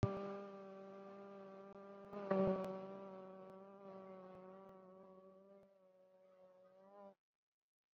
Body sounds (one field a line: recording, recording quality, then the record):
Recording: sustained vowel as in boot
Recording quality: moderate, slight background noise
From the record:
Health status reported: COVID-19 positive, mild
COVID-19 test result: positive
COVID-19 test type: RT-PCR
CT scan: not taken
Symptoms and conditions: hypertension, diabetes, another condition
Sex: female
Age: 75 years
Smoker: no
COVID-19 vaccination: none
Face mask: worn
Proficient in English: no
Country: India